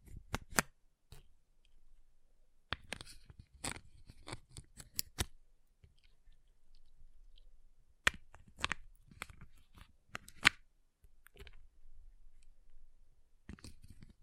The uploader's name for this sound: Ice Tapping, Scratching, Carving Sounds